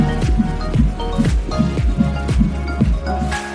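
Rapid whooshing thumps at about 150 a minute, the galloping sound of a baby's heartbeat in the womb picked up by a Doppler probe. The rate is normal for a fetus. A steady musical background runs underneath.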